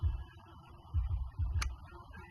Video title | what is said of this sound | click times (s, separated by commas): HTG unit for Dq500 Transmission,VR6 Engine bracket ,034 dogbone | Okay, you heard that snap into position, | 1.6 s